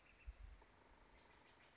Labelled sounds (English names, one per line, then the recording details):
Steller's Jay
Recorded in Sonoma County, California